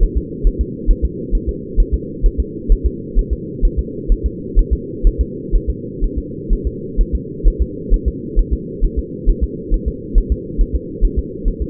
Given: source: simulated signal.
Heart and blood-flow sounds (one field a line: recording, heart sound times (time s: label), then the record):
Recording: fetal heart sounds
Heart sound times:
0.03 s: S1
0.17 s: S2
0.47 s: S1
0.61 s: S2
0.91 s: S1
1.05 s: S2
1.35 s: S1
1.49 s: S2
1.80 s: S1
1.94 s: S2
2.26 s: S1
2.40 s: S2
2.72 s: S1
2.86 s: S2
3.19 s: S1
3.33 s: S2
3.65 s: S1
3.79 s: S2
4.12 s: S1
4.26 s: S2
4.59 s: S1
4.73 s: S2
5.07 s: S1
5.21 s: S2
5.55 s: S1
5.70 s: S2
6.04 s: S1
6.18 s: S2
6.53 s: S1
6.67 s: S2
7.01 s: S1
7.15 s: S2
7.48 s: S1
7.62 s: S2
7.94 s: S1
8.08 s: S2
8.39 s: S1
8.53 s: S2
8.85 s: S1
8.99 s: S2
9.29 s: S1
9.44 s: S2
9.74 s: S1
9.88 s: S2
10.18 s: S1
10.32 s: S2
10.61 s: S1
10.75 s: S2
11.04 s: S1
11.19 s: S2
11.48 s: S1
11.62 s: S2
From the record:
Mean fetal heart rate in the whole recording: 130 bpm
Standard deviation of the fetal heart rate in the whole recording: 4 bpm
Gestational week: 38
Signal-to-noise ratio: -4.1 dB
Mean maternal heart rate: no maternal heart sound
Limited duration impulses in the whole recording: absent